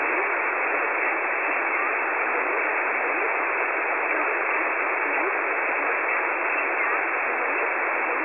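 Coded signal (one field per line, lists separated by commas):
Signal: HF data modem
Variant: S11a Cherta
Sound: continuous steady wideband hiss-like data signal with a rough, even texture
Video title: S11a Cherta 15/07/2023 0830 UTC 5149kHz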